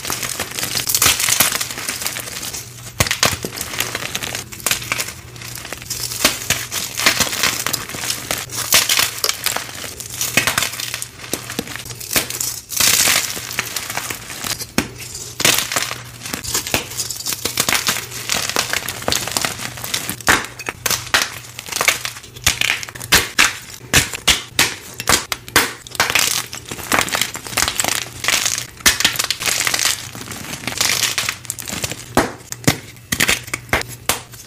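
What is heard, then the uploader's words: Dyed gym chalk is cut and crushed in dense, rapid crunches and crinkly scrapes throughout, over a steady low hum. Dyed Chalk Cubes Process + Crush. ASMR gym chalk cutting, chopping, slicing, breaking, and crushing sounds.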